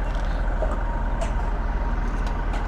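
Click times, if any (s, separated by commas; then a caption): none. A charging cable plug is pushed into an electric car's charging port at a fast charger over a steady low rumble, with a few faint, brief higher-pitched bursts. Nothing has seated or clicked yet, and the plug is not fully seated.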